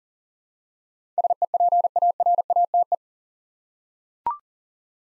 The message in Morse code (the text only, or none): SEPARATE